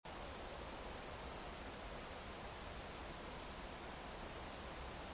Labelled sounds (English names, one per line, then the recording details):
Common Blackbird
unidentified sound
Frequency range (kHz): Common Blackbird 6.0-9.0 kHz
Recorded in France